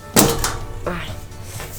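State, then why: Released. A clipped-on removable panel on a PC case is pulled off by hand so the motherboard can be fitted, and it comes free with a short sharp click at 0.4 s. Someone talks, and the panel is released because it is only clipped on.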